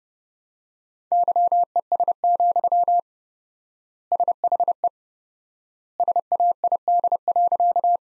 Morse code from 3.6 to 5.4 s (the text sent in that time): SHE